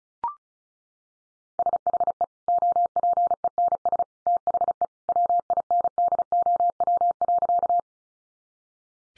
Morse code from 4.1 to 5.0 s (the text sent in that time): THE